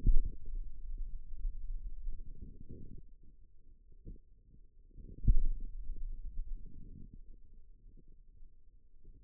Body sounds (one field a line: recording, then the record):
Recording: forearm muscle sounds (acoustic myography)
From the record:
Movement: pen grasping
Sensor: system 2, bracelet of six BSWA MPA416 microphones around the upper forearm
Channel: 1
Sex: male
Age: 22 years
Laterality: right